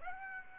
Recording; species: mosquito wingbeat signal from an infrared sensor; Aedes aegypti